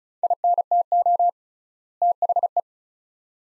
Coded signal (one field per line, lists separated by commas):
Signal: Morse code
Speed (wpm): 34 wpm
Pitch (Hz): 700 Hz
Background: none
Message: INTO THE